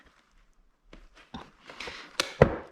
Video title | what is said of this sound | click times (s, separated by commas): Joie Trillo vs Trillo LX Car Seat - BuggyBaby Reviews | you will hear a click as they go in so that's the backrest on | 2.2 s, 2.4 s